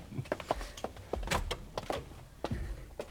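A cabin door on Deck B, cabin B13, is unlocked and opened: a quick run of sharp mechanical clicks and rattles, followed by a few dull thuds, with no one speaking.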